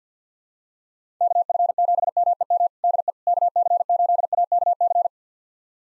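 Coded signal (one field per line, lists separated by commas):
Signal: Morse code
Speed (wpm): 48 wpm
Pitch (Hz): 700 Hz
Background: none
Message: KF7MEM DE KC8AKC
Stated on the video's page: Morse drill of 6-character call sign pairs at 50 wpm, each sent, spoken, then sent again.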